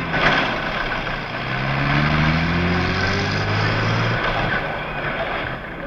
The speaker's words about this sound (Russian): Грузовик выехал за шлагбаум.